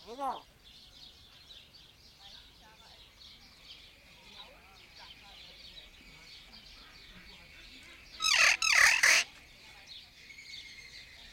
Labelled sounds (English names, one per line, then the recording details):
Green Peafowl
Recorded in captivity
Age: adult
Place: Zoo Berlin, Berlin, DE
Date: 1992-06-20 12:15
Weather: wolkig-heiter, 20-24°C
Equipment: Marantz CP 430, Sennheiser ME 80, Kopie Tesla B 116
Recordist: Tembrock, Günter